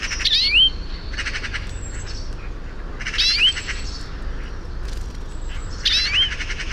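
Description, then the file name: European greenfinch calls: a rising, upslurred whistled note with buzzy bursts, repeated about every three seconds, over a steady low background hum. "Chloris chloris"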